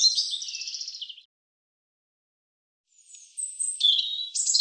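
European robin: a high trilling phrase, a silent pause, then another thin warbling phrase starting quietly and growing louder with sharp high notes.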